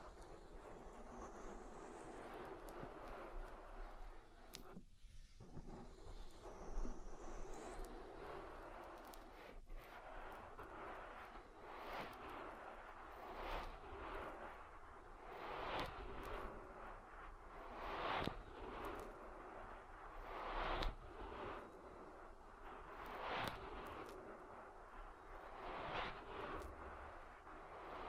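Oily ear massage makes a dense, muffled rushing rumble, with slick swishing strokes recurring every few seconds and a brief hush early.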